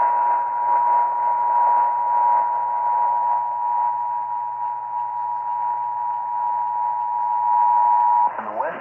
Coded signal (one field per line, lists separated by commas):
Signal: Emergency Alert System (SAME) tones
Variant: 853 and 960 Hz attention tone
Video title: West Virginia AMBER Alert on WWVA 1170 AM (Resend, Typo Fixed) | EAS #2446 (8/27/2022)